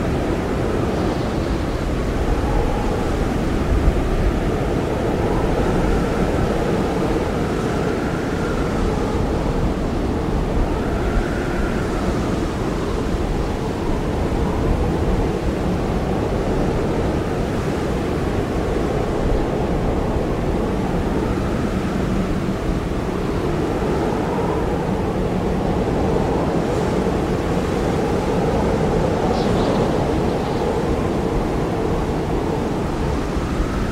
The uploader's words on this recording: Winter Snow Storm With Howling Winds Heavy Snow. An early winter snowstorm With howling winds and heavy snow.